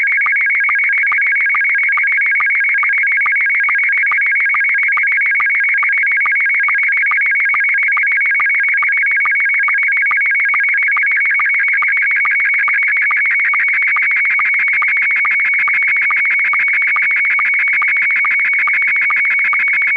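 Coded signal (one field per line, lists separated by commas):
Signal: SSTV (slow-scan television)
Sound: continuous warbling chirpy tone alternating two pitches, with quick low sync blips at regular intervals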